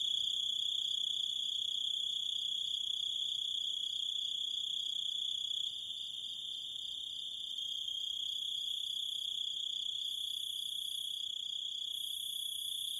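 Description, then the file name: Grasshopper's continuous high buzzing trill, softening partway through, while faint separate bursts of even higher hissing pulses join in toward the end. "zvuki kuznechika"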